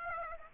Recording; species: mosquito wingbeat signal from an infrared sensor; Aedes aegypti